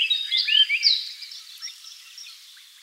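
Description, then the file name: Eurasian blackcap, a burst of rapid, varied warbling notes in the first second, then softer scattered chirps trailing off. "Sylvia atricapilla"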